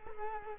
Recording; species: mosquito wingbeat signal from an infrared sensor; Culex quinquefasciatus